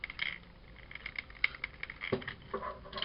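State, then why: Not seated. The second plastic arm of a Transformers Studio Series #55 Scavenger figure is pressed and fiddled with against its peg on the figure's body, giving several light plastic clacks and scrapes, the sharpest near 1.4 s. The arm has not snapped in yet.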